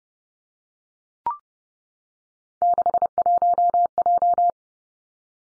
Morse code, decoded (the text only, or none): 61J